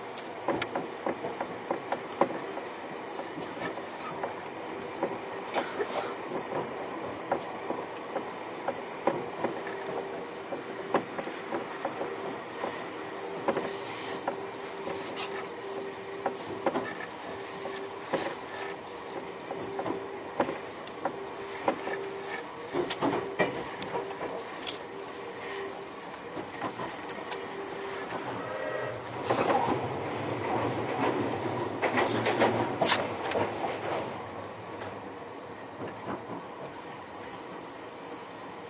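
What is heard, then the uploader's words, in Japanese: Keio 1000 series train running between Shibuya and Kichijoji, a steady rumbling ride with a continuous low hum and a thin tone running through. Frequent soft clicks and rattles recur throughout, and around thirty seconds the noise swells louder and rougher for several seconds. 京王1000系 渋谷〜吉祥寺。急行運用を録音しました。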